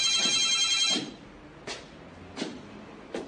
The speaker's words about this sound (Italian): Squillò il telefono. Andò a rispondere.